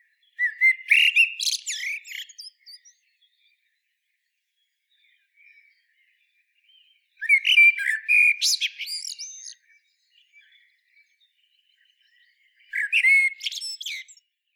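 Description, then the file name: Common blackbird singing three separate phrases about six seconds apart, each opening with low fluty warbling and trailing into high, scratchy twitters, with silence between. "Turdus merula"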